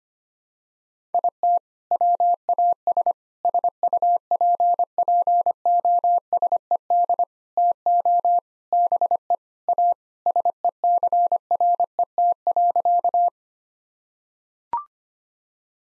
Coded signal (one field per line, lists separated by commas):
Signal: Morse code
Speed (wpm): 25 wpm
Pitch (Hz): 700 Hz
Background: none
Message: IT WAS SUPPOSED TO BE A SECRET.